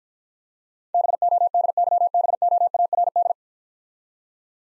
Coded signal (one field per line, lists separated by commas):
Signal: Morse code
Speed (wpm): 52 wpm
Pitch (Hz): 700 Hz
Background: none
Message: BODYBOARD